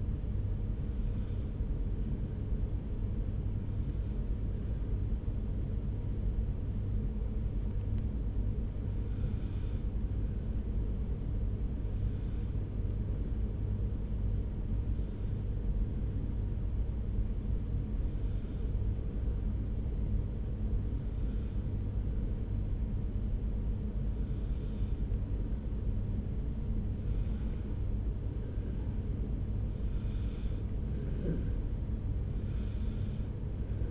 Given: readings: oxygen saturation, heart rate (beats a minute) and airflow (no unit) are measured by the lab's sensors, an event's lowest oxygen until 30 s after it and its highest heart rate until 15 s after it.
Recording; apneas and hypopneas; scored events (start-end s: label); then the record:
breathing in sleep by a smartphone at the bedside; 1
8.00-29.10 s: hypopnea (N1, oxygen 95% highest, then 94% lowest)
From the record:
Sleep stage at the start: N1 (lightest sleep); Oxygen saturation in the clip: 93 to 95%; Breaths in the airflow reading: 11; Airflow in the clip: -1.3 to 2.8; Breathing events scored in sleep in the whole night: 335 in 6.7 hours asleep